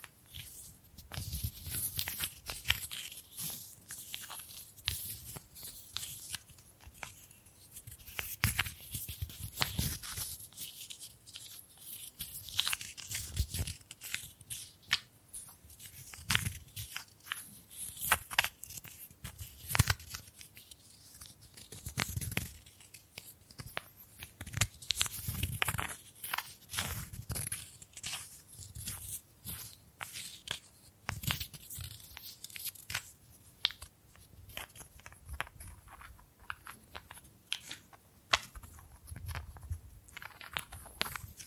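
Bamboo being tapped, scratched and brushed in a dense, restless run of short dry clicks and scrapes that continues for the full forty seconds. The sharp bright ticks come in irregular bursts with brief lulls, over a soft low rumble.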